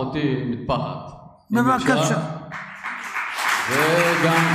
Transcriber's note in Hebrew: מחיאות כפיים